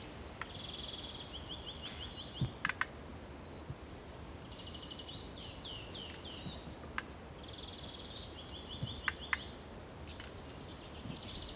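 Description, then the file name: Bird sounds, a high whistled note repeated about once a second, mixed with rapid buzzy trills and twittering phrases, light hiss behind. "PAJAROS"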